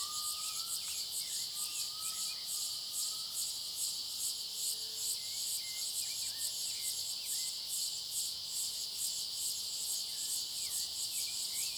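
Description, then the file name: Cicada song as a steady, shrill high-pitched drone with slight rhythmic pulsing; short whistled bird notes and chirps appear against it. Cicadas in a clearing; high-pitched thin sound; a bird also present. "Cigarras na clareira som agudo fino passaro e cachorro longe"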